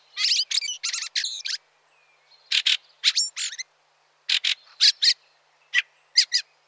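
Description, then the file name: Fieldfare harsh chacking calls, dry rasping bursts given in quick runs, with short pauses between groups. "Grive litorne"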